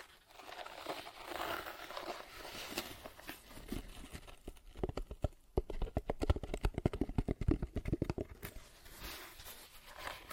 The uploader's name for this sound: Tapping, Scratching & Zipper Sounds